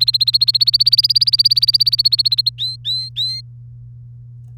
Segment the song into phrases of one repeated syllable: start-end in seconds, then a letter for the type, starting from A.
0.00-2.49 A, 2.58-3.40 B